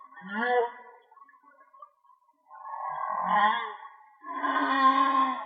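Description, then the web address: Whale song of rough, throbbing moans and grunting units in three bursts, with a low pulsed note under brighter wavering tones. Linked to a whale and dolphin watching page; mono recording. "Whale Song-colin. whale dolphin watching"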